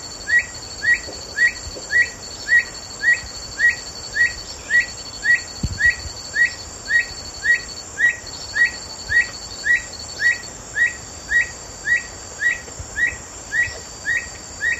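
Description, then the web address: Black Bushbird song: a long, even series of short upslurred whistled notes, nearly two per second, over a steady high insect drone. Recorded in the eastern lowlands of South America. "Natures Songs S America Eastern Lowlands. Black Bushbird"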